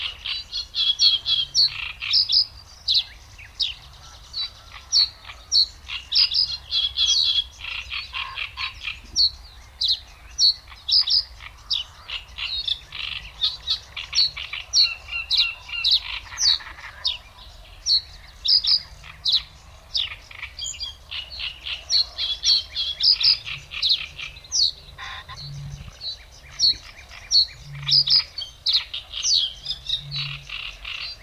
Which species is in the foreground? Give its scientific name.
Emberiza schoeniclus